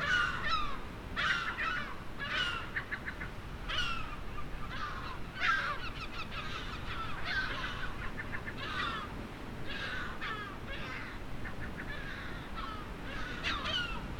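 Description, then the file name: Gulls calling continuously, several birds overlapping with sliding cries and quick clipped notes throughout, over a constant low rumble. "STC moewen"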